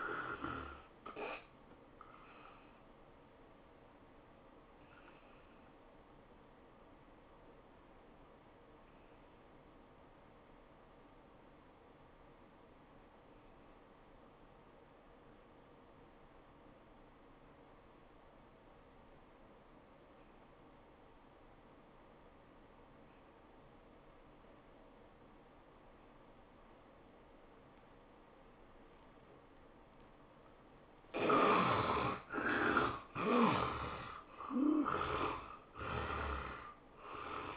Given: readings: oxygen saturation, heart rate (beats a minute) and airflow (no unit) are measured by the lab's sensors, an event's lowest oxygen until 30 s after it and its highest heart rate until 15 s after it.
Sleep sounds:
breathing in sleep by a voice recorder at the bedside; 1
13.00-32.50 s: obstructive apnea (N1, oxygen 88% highest, then 67% lowest, heart rate 81 at the start, 102 highest)
From the record:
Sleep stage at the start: N1 (lightest sleep); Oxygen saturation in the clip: 68 to 88%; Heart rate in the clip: 74 to 104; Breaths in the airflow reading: 5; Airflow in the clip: -19.5 to 14.6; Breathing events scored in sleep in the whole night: 403 in 5.5 hours asleep

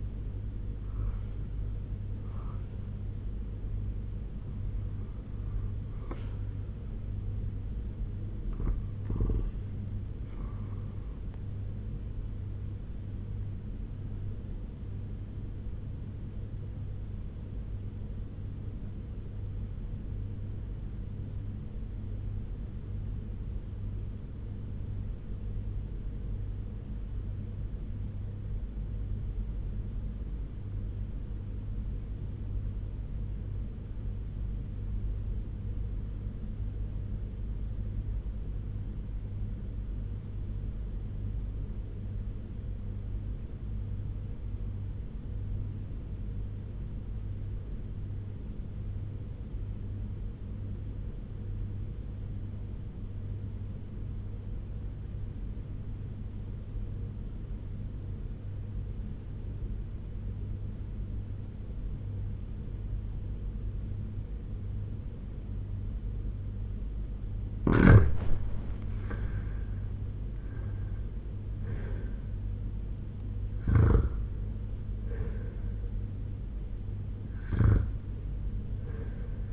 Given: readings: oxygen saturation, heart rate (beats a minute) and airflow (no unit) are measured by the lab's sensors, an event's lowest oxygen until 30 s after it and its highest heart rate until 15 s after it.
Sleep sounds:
breathing in sleep by a smartphone at the bedside; 1
19.00-69.30 s: obstructive apnea (REM, oxygen 98% highest, then 83% lowest, heart rate 91 at the start, 93 highest)
From the record:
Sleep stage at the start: REM sleep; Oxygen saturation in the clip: 80 to 98%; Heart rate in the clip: 49 to 100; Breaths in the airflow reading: 7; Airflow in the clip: -8.8 to 8.8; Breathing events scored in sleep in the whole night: 201 in 6.5 hours asleep

